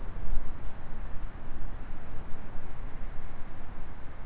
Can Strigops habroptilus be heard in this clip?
no